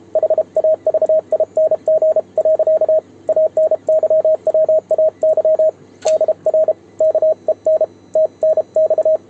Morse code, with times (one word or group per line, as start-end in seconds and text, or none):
0.2-3.0 HAVING.
3.3-5.7 ANYWAY
6.1-6.7 DR
7.0-7.8 KEN
8.2-9.2 TNX